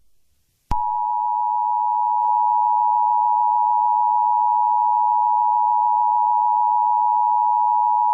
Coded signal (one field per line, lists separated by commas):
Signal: Emergency Alert System (SAME) tones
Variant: 853 and 960 Hz attention tone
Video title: EAS Joke - Chaos at the headquarters *CONTAINS BAD LANGUAGE*